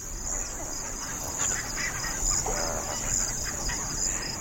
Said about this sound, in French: On entend les gouttes d'eau, les petites bulles qui sortent. Et puis on entend tout autour les insectes et la vie nocturne.